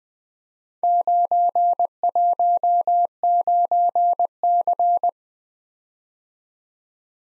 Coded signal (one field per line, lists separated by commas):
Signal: Morse code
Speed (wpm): 20 wpm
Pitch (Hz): 700 Hz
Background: none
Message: 919C